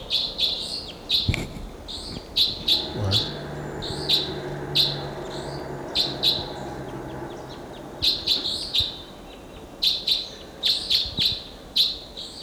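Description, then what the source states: Red Crossbill calls: short, sharp, high kip notes given singly and in quick clusters throughout, with a low rumble in the background. Wild birds, type 2 call type; four to five birds calling together at the top of a lodgepole pine.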